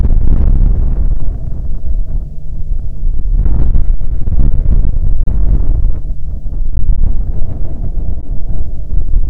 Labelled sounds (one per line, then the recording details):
wind
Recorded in the Prudhoe Bay oil fields, Alaska, on 21 July 2019 at 12:19
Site 14